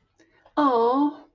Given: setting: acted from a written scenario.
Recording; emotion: vocal sound without words; sympathy